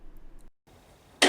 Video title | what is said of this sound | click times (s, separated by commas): 4th Gen 4Runner Backup Camera Installation - Standalone Unit! Great for a Trailer! | use your new favorite trim tools to pop this back panel | 1.2 s